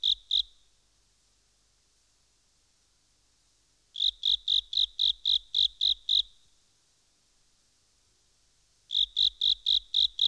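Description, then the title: Frog calling in rapid high pulsed notes: a pair, a long silence, a run of about nine, then a silence and a further run of several. "NHK Sound Effects Collection - 3-Frogs"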